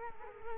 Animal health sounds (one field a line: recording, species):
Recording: mosquito wingbeat signal from an infrared sensor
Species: Culex quinquefasciatus